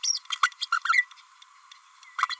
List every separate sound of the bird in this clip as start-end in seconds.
0.03-0.20, 0.31-0.35, 0.61-0.67, 0.84-1.07, 2.29-2.38